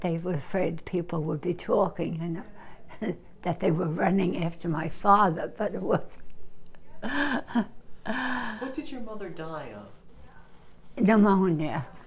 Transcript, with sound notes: They were afraid that people would be talking, you know, that they were running after my father but wasn't. (she laughs)
What did your mother die of?
Pneumonia.